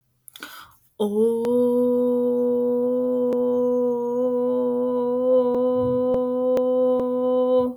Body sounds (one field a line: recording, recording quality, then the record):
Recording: sustained vowel as in boot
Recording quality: excellent, no background noise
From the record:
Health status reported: exposed to COVID-19, no respiratory illness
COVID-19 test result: negative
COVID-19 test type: RT-PCR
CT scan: not taken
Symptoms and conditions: cough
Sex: female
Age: 24 years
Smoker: no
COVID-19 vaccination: both doses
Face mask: not worn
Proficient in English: yes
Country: United States